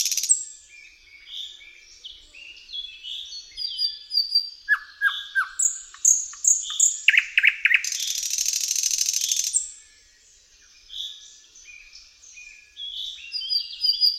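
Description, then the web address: Thrush nightingale song: varied high phrases, a series of deep knocking notes, a dense buzzing rattle for two seconds, then softer twittering phrases. "Tajemnice puszczy Slowik szary"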